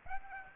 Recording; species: mosquito wingbeat signal from an infrared sensor; Aedes aegypti